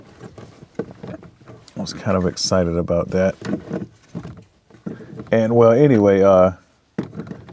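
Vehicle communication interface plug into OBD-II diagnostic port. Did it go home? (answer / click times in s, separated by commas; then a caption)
yes / 7.0 s. A plastic vehicle communication interface dongle for an XTOOL IP819TP is plugged into a car's OBD-II diagnostic port while someone talks. After a brief silence, a short sharp click at 7.0 s marks the connector seating in the port, followed by a couple of faint taps.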